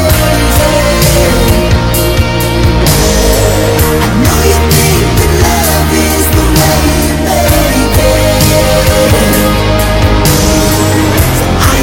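Melodic rock music plays at a steady, full loudness, with sustained chords and bass under crisp, regular drum hits throughout.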